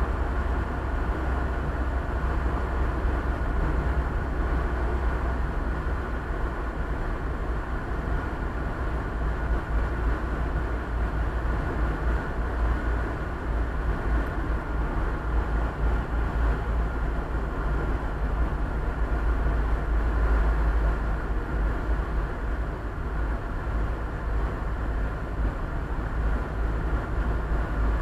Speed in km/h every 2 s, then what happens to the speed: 63, 62, 61, 59, 56, 55, 56, 56, 55, 54, 51, 51, 51, 51.
0-10 slows to 55. 10-28 steady at about 54.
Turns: none.